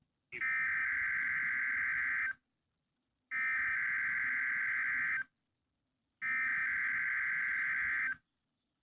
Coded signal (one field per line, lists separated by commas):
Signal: Emergency Alert System (SAME) tones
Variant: header bursts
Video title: *Fail* Required Weekly Test (EAS 404)